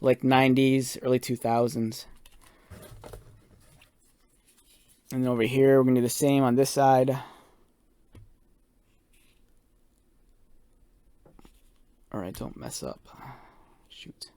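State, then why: Not seated. Someone talks while lining up the second plastic wing on the back of a vintage Kenner Batman Forever Night Flight Batman action figure before pushing it home. Faint plastic handling ticks and taps fall in the quiet gaps between the talking. Nothing has seated or clicked yet.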